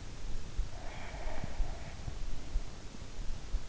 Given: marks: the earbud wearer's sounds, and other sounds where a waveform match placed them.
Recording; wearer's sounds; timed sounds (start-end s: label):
sounds in sleep by an in-ear microphone; snoring breath
0.72-3.09 s: snoring breath